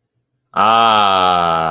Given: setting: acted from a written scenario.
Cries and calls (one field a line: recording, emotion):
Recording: vocal sound without words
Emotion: adoration